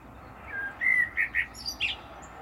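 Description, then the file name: Common blackbird sings a smooth, low fluted whistle, then a few rounded warbled notes and a thin, high twittering finish, above soft steady noise. "Turdus merula"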